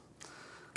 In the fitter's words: Holds really good. When you snap it in, it's in there.